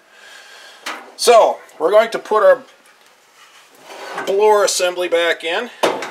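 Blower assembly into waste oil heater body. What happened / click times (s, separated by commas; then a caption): The assembly is handled but not yet seated / none. A blower assembly is handled as it is being put back into the chamber of a homemade waste oil heater while someone talks, with brief handling knocks at about 0.9 s and 6.0 s. Nothing has seated or clicked into place yet.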